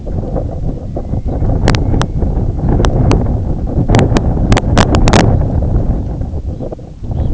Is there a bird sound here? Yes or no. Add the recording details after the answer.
yes. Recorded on Arctic tundra, site IGLO-A, on 18 June 2018. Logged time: 11:59